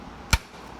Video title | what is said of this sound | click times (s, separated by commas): 1st Gen Toyota Venza Pano Leak Repair | it snaps back in | 0.3 s